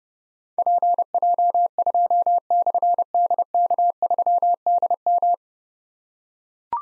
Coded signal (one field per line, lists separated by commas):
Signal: Morse code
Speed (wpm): 28 wpm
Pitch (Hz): 700 Hz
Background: none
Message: PJ2/DK3DM